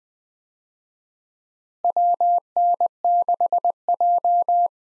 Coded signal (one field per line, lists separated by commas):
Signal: Morse code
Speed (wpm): 21 wpm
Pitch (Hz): 700 Hz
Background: none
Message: WN6J